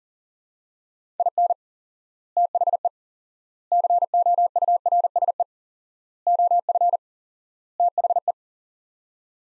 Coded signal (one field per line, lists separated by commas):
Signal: Morse code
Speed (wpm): 40 wpm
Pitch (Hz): 700 Hz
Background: none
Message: IN THE COURSE OF THE